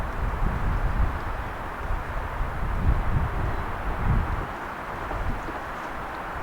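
The removable hard top roof panel of a Ferrari 360 is lined up over the car's roof opening so its two front inserts go into the gaps, before it is pushed down to snap in. A steady, low, rumbling broadband noise is heard, with a few soft low thuds around 1.0, 2.9 and 4.1 seconds. Nothing has seated or clicked yet.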